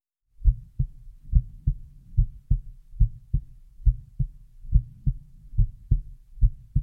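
Heartbeat sounds only from an adult heart, close-miked (ASMR): low-pitched paired thumps at about 70 beats per minute.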